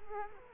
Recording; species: mosquito wingbeat signal from an infrared sensor; Culex quinquefasciatus